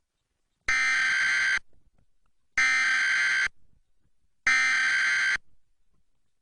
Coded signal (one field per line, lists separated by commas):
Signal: Emergency Alert System (SAME) tones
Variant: header bursts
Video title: 10 Years on YouTube Top 10 SCARY EAS National Tests WITH COMMENTARY